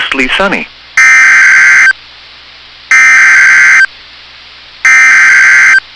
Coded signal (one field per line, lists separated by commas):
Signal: Emergency Alert System (SAME) tones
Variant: header bursts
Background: speech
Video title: [EAS Compilation] Severe Thunderstorm Warnings on NOAA Weather Radio WXM99 [August 2, 2022]